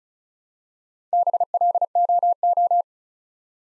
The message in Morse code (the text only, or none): BLOO